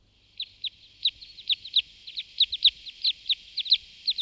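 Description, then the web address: Red crossbill song: short, sharp, high chirping notes in a quick, uneven series. "singvoegel gesang. kosmos 93 fichtenkreuzschnabel"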